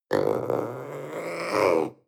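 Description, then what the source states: Panther growl, a single rough throaty rumble lasting about two seconds, swelling slightly near the end before stopping. Young animal, growling.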